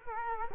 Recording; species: mosquito wingbeat signal from an infrared sensor; Culex quinquefasciatus